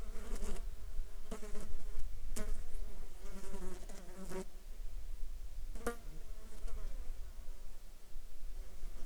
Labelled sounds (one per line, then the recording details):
wind
insects
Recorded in the Arctic National Wildlife Refuge, Alaska, on 16 July 2019 at 14:55
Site 35